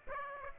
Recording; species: mosquito wingbeat signal from an infrared sensor; Aedes aegypti